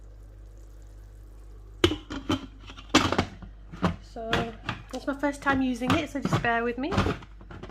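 Someone talks while handling the pressure lid of a Duo 7-in-1 Instant Pot pressure cooker (5.7 litres) over the cooker base, with several sharp knocks and clunks at about 1.8 s and 3.0 s. The lid has not yet seated or locked in place by the end of the clip.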